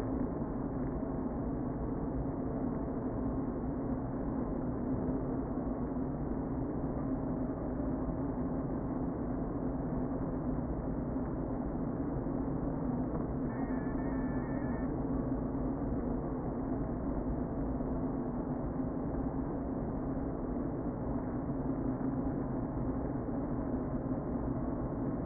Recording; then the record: honeybee colony, microphone inside the hive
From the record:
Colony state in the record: queen present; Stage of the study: before two queens were removed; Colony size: about 60,000 bees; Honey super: yes